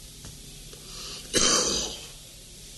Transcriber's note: coughing